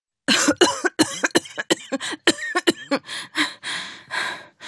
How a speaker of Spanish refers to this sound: Volvió a inspirar y empezó a toser.